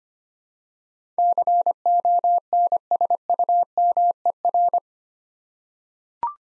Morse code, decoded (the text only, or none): CONSUMER